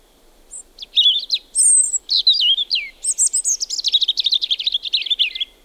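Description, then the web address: European robin song: varied high, sweet notes with a thin whistle, leading into a long rapid rippling trill that slowly fades. "liigid plaat punarind"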